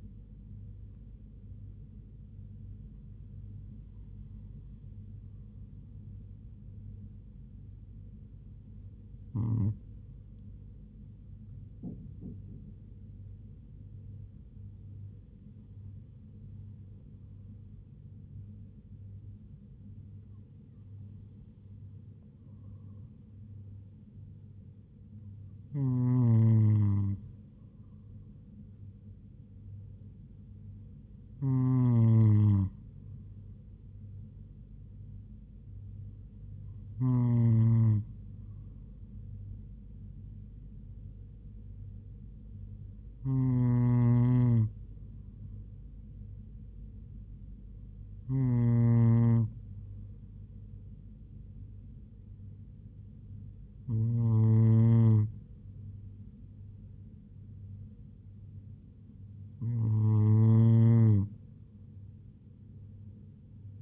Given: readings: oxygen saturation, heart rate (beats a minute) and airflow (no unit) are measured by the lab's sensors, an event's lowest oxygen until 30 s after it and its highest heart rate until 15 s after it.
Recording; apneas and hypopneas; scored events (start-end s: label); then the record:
breathing in sleep by a smartphone at the bedside; none
none scored
From the record:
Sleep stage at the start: N2 (light sleep); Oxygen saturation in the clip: 96 to 97%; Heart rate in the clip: 70 to 78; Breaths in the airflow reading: 12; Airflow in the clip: -3.2 to 2.8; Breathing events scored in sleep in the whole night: 158 in 7.3 hours asleep